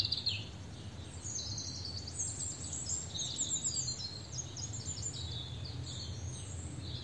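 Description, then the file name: European robin song, a varied run of high, thin whistled and trilled phrases, with steady low rumbling noise underneath. "Erithacus rubecula"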